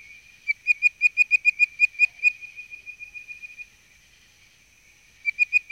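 Treefrog call, a long series of sharp, piping notes repeated several times a second, fading out, then resuming briefly at the end.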